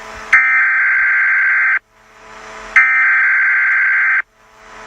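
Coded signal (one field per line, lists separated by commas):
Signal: Emergency Alert System (SAME) tones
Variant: header bursts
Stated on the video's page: Made-up, fictional EAS alert.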